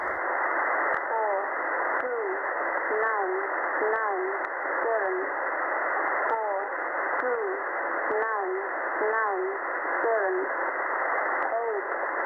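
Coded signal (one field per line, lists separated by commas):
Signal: numbers station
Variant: HM01, Spanish five-digit groups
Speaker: the station will tell you how many numbers are in each group in this case it's five then the actual message stunts then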